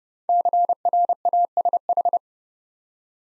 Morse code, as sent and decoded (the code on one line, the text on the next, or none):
-.-. .-. .- ... ....
CRASH